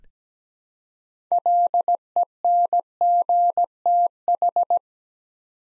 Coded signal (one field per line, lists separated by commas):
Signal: Morse code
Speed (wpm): 17 wpm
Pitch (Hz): 700 Hz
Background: none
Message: LENGTH